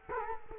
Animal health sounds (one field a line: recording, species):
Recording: mosquito wingbeat signal from an infrared sensor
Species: Culex quinquefasciatus